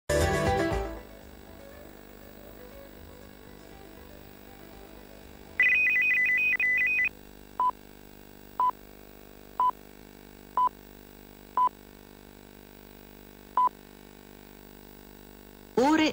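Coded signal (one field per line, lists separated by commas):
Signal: radio time signal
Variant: Rai SRC coded time signal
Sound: fast warbling two-tone data chirp, then six short one-second beeps and a final tone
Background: static, then jingle starts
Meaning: Marks the exact top of the hour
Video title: Segnale orario Rai e sigla Rai News 24 2009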